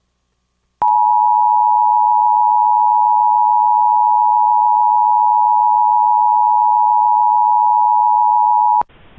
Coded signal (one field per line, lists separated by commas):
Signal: Emergency Alert System (SAME) tones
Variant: 853 and 960 Hz attention tone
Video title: EAS Reenactment Mock: Webb County High Wind Warning